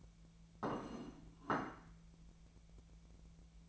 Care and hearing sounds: daily activity, microphone in the room; place plate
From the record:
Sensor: 1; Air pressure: 1000.2 hPa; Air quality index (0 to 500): 145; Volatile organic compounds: 3 ppm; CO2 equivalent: 1362 ppm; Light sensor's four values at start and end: 29/72/31/37 and 29/73/31/37

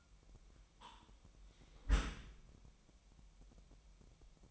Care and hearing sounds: daily activity, microphone in the room; close dishwasher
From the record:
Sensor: 1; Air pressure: 998.4 hPa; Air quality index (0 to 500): 138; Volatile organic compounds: 4 ppm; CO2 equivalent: 1656 ppm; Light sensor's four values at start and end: 16/55/22/22 and 16/55/22/22

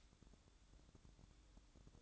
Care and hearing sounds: daily activity, microphone in the room; light off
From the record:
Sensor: 3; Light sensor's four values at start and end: 18/49/21/18 and 10/24/10/10

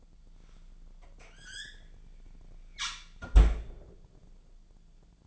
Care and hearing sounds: daily activity, microphone in the room; close fridge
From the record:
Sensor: 5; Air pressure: 1009.8 hPa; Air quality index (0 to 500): 162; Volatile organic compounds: 4 ppm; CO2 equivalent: 1584 ppm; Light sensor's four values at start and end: 111/286/119/126 and 109/281/116/124

